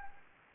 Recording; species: mosquito wingbeat signal from an infrared sensor; Anopheles arabiensis